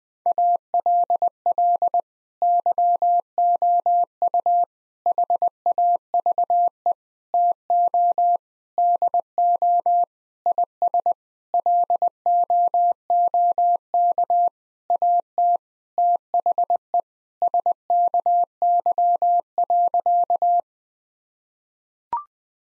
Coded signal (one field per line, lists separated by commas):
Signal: Morse code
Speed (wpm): 21 wpm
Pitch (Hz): 700 Hz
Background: none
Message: ALL YOU HAVE TO DO IS LOOK AT THE SKY.